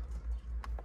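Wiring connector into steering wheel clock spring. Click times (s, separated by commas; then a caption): 0.6 s. During a clock spring (steering wheel spiral cable) replacement on a Chevrolet Captiva, fitted because the steering wheel buttons and horn stopped working, a plastic wiring connector is pressed home into the clock spring. A sharp click at 0.6 s shows it has seated, followed by a fainter tap at 0.8 s, over a steady low hum.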